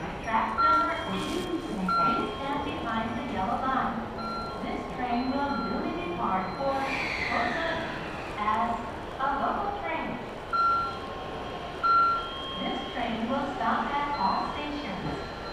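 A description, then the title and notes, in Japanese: Inside a local train on the Chuo West Line, voices talk steadily over a low, constant rumble of the carriage. Short electronic beeps sound a few times, and around the middle a whining tone slides downward as the train's motor changes pitch. 中央西線 普通 名古屋→高蔵寺 313系8000番台。座席は転換クロスシート、窓にはカーテンということで若干グレードが高いです。通勤ラッシュの折り返しになるので多少立つ人が出るくらいですね～。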